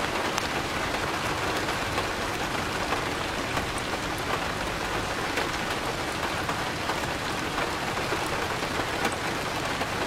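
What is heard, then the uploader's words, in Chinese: Rain falls steadily outside a study, a dense, even patter filling the whole ten seconds without letting up. Fine crisp drops tick against a surface over a soft low rumble, with occasional brighter individual splashes standing out here and there. 书房外的雨声！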